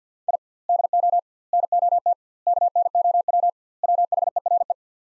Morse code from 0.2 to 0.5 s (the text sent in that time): I